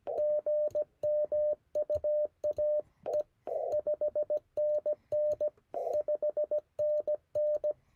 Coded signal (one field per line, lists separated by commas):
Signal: Morse code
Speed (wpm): 16 wpm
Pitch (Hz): 590 Hz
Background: none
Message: GM UAE 5NN 5NN